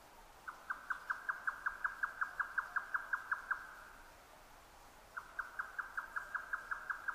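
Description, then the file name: Grey nightjar delivering a long run of rapid, rhythmic wooden chucks, a short pause, then another run. Recorded 12 June 2009 at 22:41. "yotaka-20090612-2241"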